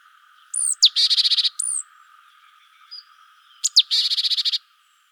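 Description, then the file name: Great tit calls: two bursts of sharp high notes and a rapid pulsing buzzy rattle, with a quiet gap between them. "Parus major"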